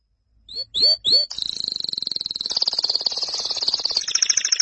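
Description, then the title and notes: Canary song: three rising, slurred whistles, then a long, rapid, buzzy trill that shifts in pitch and speed several times. "BM Suara Kenari. BM Suara Burung Kenari"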